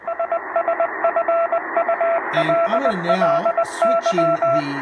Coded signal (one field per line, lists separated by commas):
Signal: Morse code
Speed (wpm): 19 wpm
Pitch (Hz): 670 Hz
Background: speech, radio noise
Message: SSFULLY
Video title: CW Audio Filter …. Hear Clearly @TheArtofEngineering